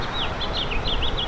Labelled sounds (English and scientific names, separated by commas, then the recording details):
House Finch (Haemorhous mexicanus) song
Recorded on Long Island, New York, on 20 April 2012
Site GC
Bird D